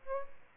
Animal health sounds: mosquito wingbeat signal from an infrared sensor; Aedes albopictus

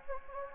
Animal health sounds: mosquito wingbeat signal from an infrared sensor; Anopheles gambiae

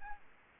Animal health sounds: mosquito wingbeat signal from an infrared sensor; Aedes albopictus

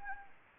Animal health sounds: mosquito wingbeat signal from an infrared sensor; Anopheles arabiensis

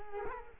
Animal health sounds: mosquito wingbeat signal from an infrared sensor; Culex quinquefasciatus

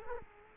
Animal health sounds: mosquito wingbeat signal from an infrared sensor; Culex quinquefasciatus

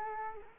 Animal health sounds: mosquito wingbeat signal from an infrared sensor; Culex quinquefasciatus

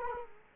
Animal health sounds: mosquito wingbeat signal from an infrared sensor; Culex quinquefasciatus

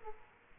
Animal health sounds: mosquito wingbeat signal from an infrared sensor; Aedes aegypti

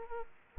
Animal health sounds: mosquito wingbeat signal from an infrared sensor; Aedes aegypti

